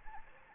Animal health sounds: mosquito wingbeat signal from an infrared sensor; Anopheles arabiensis

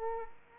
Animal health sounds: mosquito wingbeat signal from an infrared sensor; Aedes aegypti

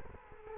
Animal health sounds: mosquito wingbeat signal from an infrared sensor; Culex quinquefasciatus

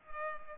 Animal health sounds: mosquito wingbeat signal from an infrared sensor; Culex pipiens

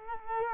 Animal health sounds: mosquito wingbeat signal from an infrared sensor; Culex quinquefasciatus

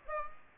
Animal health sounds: mosquito wingbeat signal from an infrared sensor; Aedes aegypti

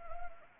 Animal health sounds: mosquito wingbeat signal from an infrared sensor; Anopheles arabiensis

